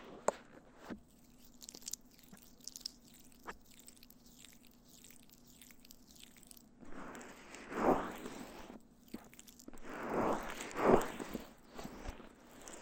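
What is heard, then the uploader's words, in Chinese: Lotion ear massage: the first half is quiet, with sparse sharp clicks and soft wet ticks over a steady low hum. After about seven seconds, dense squishing, rubbing strokes swell in waves, peaking near 8 and 10–11 seconds, with faint crackles between them. ASMR×KU100 | 乳液耳朵按摩 | Ear Massage | NO Talking。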